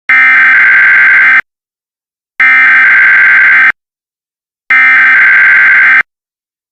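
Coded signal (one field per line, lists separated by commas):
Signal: Emergency Alert System (SAME) tones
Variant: header bursts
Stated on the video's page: Simulated EAS tornado scenario.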